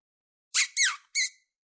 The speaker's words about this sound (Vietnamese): Một con tiểu thú lông vàng to khoảng nắm tay rít lên một tiếng, sau đó rơi xuống từ trên không, đúng lúc rơi vào trong cái hố to đã lộ ra dưới đất.